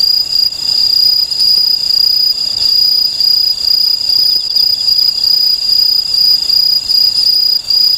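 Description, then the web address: Aomatsumushi tree cricket song: a continuous high, pure ringing trill with faint overtones, pulsing gently and dipping briefly near the end. "sikioto insect aomatsumushi"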